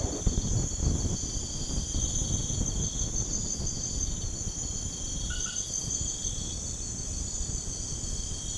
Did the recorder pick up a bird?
no